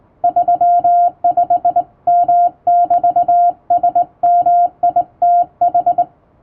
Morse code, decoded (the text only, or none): 35M<BT>SMITH